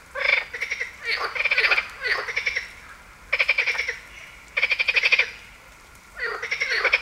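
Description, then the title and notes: Marsh frog giving loud pulsed, rattling croaks in repeated bursts of about a second, with several bouts closely following one another. Heviz, Hungary. "Heviz, Grenouille rieuse. Hungary, Heviz, frog"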